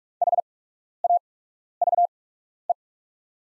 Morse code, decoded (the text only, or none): HAVE